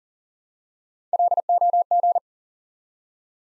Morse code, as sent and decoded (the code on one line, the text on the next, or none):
.-.. --- --.
LOG